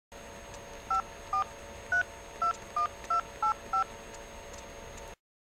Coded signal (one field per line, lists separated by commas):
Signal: DTMF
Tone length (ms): 110 ms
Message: 54321285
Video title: Sound effects -cell phone key beep